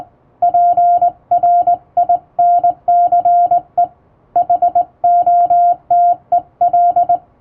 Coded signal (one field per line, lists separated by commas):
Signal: Morse code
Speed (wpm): 20 wpm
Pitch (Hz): 700 Hz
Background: music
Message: PRINCE HOTEL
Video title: モールスを正しい姿勢、基本的な打ち方で打ちました！綺麗な手打ちモールス符号で送信しよう！欧文モールス信号を電報練習帳で打ってみました！電気通信術の練習にどうぞ(morse code practice)